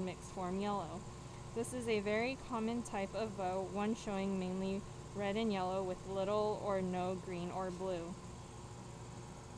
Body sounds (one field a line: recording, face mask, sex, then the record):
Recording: reading aloud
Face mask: surgical mask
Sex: female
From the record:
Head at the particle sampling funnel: tilted down, bridge of the nose in front of it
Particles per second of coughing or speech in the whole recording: 0.343